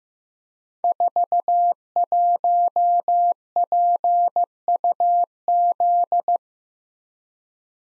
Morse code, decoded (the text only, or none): 41PUZ